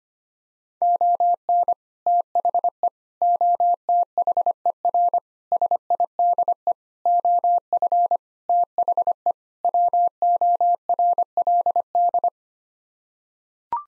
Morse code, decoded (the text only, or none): ON THE OTHER SIDE OF THE WORLD